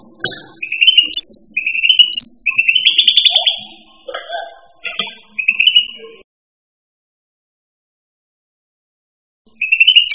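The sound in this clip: Bird giving fast buzzy trills and high chirps in quick succession, with some lower scratchy notes mixed in, then silence before a final short trill.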